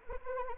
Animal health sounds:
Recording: mosquito wingbeat signal from an infrared sensor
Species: Anopheles arabiensis

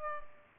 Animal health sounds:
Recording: mosquito wingbeat signal from an infrared sensor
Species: Culex pipiens

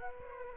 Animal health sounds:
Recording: mosquito wingbeat signal from an infrared sensor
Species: Aedes aegypti

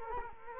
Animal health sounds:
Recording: mosquito wingbeat signal from an infrared sensor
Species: Culex quinquefasciatus

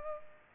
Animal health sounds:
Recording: mosquito wingbeat signal from an infrared sensor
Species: Culex pipiens

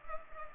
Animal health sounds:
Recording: mosquito wingbeat signal from an infrared sensor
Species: Culex pipiens

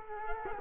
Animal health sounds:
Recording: mosquito wingbeat signal from an infrared sensor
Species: Culex quinquefasciatus

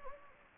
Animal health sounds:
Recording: mosquito wingbeat signal from an infrared sensor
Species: Anopheles gambiae

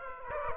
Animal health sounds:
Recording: mosquito wingbeat signal from an infrared sensor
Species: Aedes aegypti

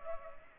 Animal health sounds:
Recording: mosquito wingbeat signal from an infrared sensor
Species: Culex pipiens

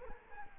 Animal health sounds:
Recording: mosquito wingbeat signal from an infrared sensor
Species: Culex quinquefasciatus

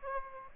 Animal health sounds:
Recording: mosquito wingbeat signal from an infrared sensor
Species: Aedes aegypti

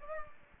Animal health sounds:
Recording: mosquito wingbeat signal from an infrared sensor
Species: Aedes aegypti

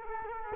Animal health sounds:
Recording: mosquito wingbeat signal from an infrared sensor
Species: Culex quinquefasciatus

